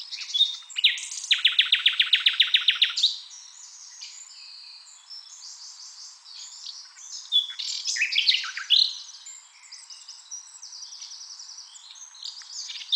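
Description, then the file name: Common nightingale song opening with a loud fast series of repeated notes, followed by varied trills, whistles and rattling phrases. "Luscinia megarhynchos"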